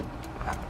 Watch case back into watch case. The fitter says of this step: You don't have to force it too much, and you just heard the click, the back snapped in, so no problem with that.